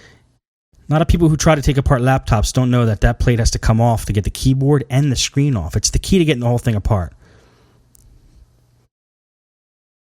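During reassembly after a power jack repair on a Toshiba laptop, the plastic cover plate above the keyboard, which has to come off to remove the keyboard and screen, is handled on its way back into the top case. Someone talks for most of the clip, followed by faint handling noise with a small tick near 7.9 s. Nothing has seated or clicked yet.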